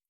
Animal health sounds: hydrophone in a shrimp aquaculture tank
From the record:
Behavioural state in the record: feeding

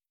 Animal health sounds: hydrophone in a shrimp aquaculture tank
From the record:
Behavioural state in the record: starved

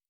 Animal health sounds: hydrophone in a shrimp aquaculture tank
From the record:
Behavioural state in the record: normal

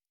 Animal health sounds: hydrophone in a shrimp aquaculture tank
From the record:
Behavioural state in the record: normal

